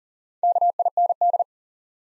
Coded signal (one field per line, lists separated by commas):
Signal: Morse code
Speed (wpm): 39 wpm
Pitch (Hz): 700 Hz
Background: none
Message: KIND